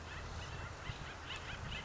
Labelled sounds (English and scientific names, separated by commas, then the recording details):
Acorn Woodpecker (Melanerpes formicivorus)
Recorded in Sonoma County, California